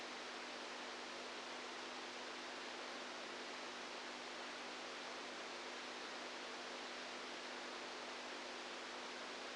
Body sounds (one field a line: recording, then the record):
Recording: brain microelectrode recording played as sound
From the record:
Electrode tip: outside the subthalamic nucleus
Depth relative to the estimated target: -6 mm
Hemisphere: right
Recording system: NeuroSet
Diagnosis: Parkinson's disease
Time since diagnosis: 10 years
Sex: female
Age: 67 years